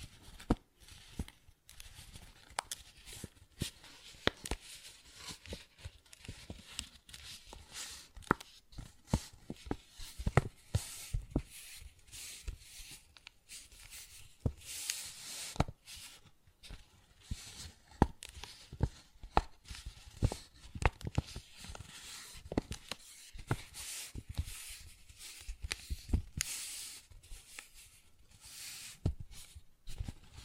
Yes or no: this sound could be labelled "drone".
no